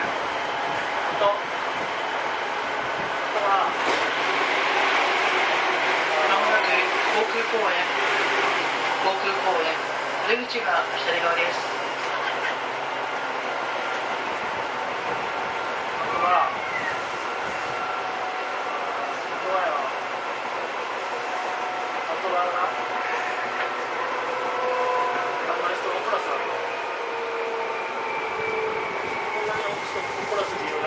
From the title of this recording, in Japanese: 西武旧2000系 西武新宿〜本川越